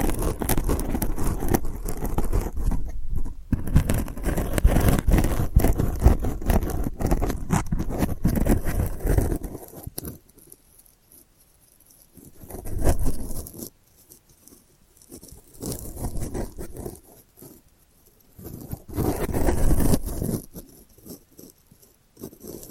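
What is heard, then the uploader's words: Delicate scratching fills the first ten seconds in a dense, steady run of quick, crackly strokes across low and bright sounds. After that it breaks into short bursts, near 13, 16 and 20 seconds, separated by near silence, with soft patter and rattling textures. ASMR Delicate Scratching for Sleep (No Talking).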